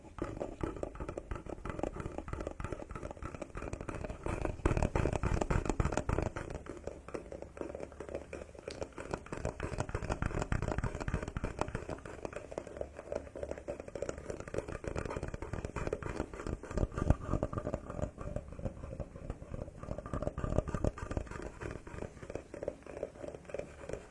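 Wooden massage tools rub and knock steadily against skin in an ASMR spa session, a dense stream of fine crackling and scraping clicks. Deeper, fuller strokes swell around five seconds and again near twenty-two, then settle back into the busy textured rubbing.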